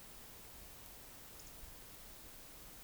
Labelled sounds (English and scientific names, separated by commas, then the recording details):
Eurasian Woodcock (Scolopax rusticola) whistle
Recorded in Baden-Württemberg, Germany, on 20 May 2021 at 19:55 UTC
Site 24606, 635 m above sea level